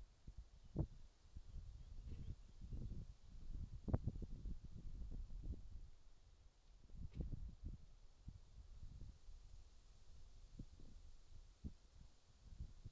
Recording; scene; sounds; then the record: everyday scene through a hearing-aid microphone; wind on the microphone; wind, whistling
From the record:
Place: in front of a rural house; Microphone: in the ear canal, left